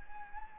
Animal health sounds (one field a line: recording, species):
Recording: mosquito wingbeat signal from an infrared sensor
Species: Anopheles gambiae